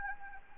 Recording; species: mosquito wingbeat signal from an infrared sensor; Anopheles gambiae